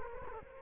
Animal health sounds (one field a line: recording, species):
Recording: mosquito wingbeat signal from an infrared sensor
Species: Culex quinquefasciatus